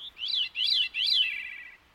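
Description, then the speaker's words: Veery song: three rolling phrases, each rising then falling, the last trailing off lower. Veery, a type of thrush, plain looking but with a particularly beautiful song. "veery is pretty plain looking, but it has a particularly beautiful song."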